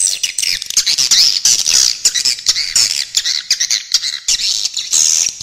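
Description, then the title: Swiftlet calls, short shrill chirps and squeaky whistled notes packed closely together in quick bursts. "Suara Walet"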